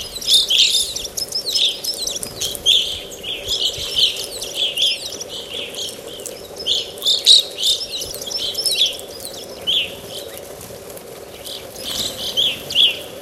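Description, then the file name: Evening grosbeak calls: repeated short, clear chirps coming in bursts, with a steady hum behind. "Hesperiphona vespertina"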